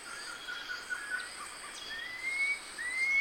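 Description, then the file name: Red-throated piping guan song: thin whistles sliding upward in pitch, the last two clearly rising, over a steady hiss of insects. "Canto do cujubi"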